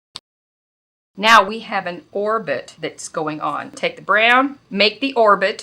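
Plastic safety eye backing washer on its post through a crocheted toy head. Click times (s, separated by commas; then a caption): 0.2 s. A plastic backing cup is pushed cup side up onto the ridged post of a plastic safety eye set in a crocheted amigurumi toy head, and it gives a short, sharp click at 0.2 s as it seats in place. After a second of silence, someone talks.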